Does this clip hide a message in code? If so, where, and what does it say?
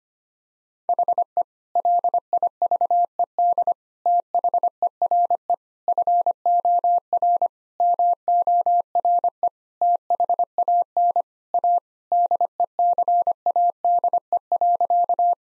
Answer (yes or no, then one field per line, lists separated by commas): yes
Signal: Morse code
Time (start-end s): 0.9-15.3 s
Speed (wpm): 25 wpm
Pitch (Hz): 700 Hz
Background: none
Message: HE LIVED THERE FOR MORE THAN A DECADE.